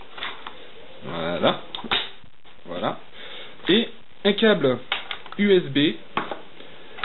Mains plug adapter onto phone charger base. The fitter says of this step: si je dis pas de bêtises voilà ça vient se clipser